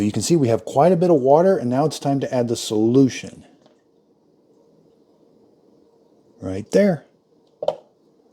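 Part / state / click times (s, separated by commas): solution tank lid onto tank / seated / 7.6 s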